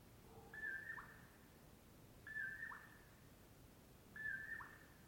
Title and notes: Colockum Wildlife, dawn. In the morning I awoke to the mellow “poor-will-low” of a Common Poorwill